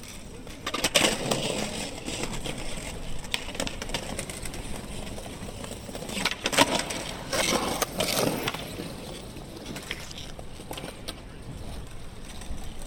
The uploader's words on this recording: University Square: Skateboarders, students and tourists. We’re looking across University Square towards the sculpture of St Michael and the Devil, as skateboarders move around us. The recordings were captured using a binaural microphone between January and April 2022.